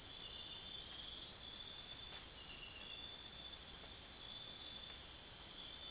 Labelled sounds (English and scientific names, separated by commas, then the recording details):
none
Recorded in secondary vegetation near Puerto Asís, Putumayo, Colombia, on 22 June 2025 at 05:00
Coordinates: 0.500, -76.326
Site GP08